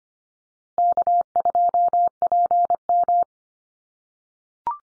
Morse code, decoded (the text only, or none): K2PM